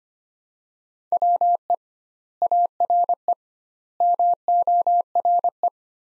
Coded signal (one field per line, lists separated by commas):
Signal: Morse code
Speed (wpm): 25 wpm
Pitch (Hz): 700 Hz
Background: none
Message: WE ARE MORE